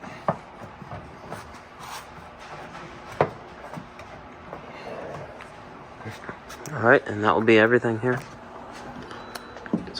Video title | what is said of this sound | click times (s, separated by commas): Model 3 & Y AlphaRex LED Tail Light Upgrades 1 pair 2 Styles | You'll hear them snapping. | 0.3 s, 3.2 s